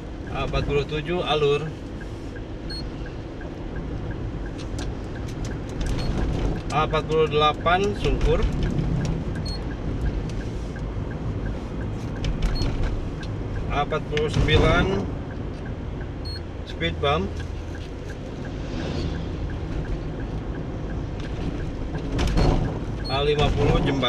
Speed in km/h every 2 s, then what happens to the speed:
53, 53, 53, 53, 53, 53, 53, 52, 51, 50, 49, 47.
0-12 steady at about 53. 12-24 slows to 47.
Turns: none.